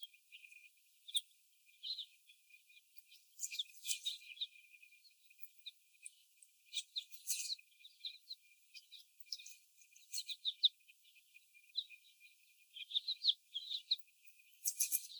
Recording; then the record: young laying hens in a cage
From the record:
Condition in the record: before the stressor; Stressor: sudden umbrella opening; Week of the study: 1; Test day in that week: 1